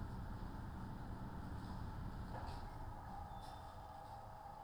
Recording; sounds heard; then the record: poultry house recording; no chicken sound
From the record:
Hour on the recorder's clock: 15